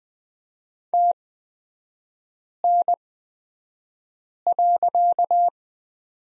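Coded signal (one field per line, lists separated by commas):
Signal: Morse code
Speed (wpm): 20 wpm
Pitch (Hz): 700 Hz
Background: none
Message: TN.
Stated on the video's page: Morse code course lesson on the period with three-character groups, Farnsworth speed 20/10 wpm.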